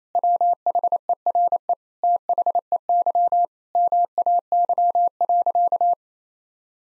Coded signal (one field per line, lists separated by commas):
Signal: Morse code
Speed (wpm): 28 wpm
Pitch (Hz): 700 Hz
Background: none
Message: WHERE THEY MAY.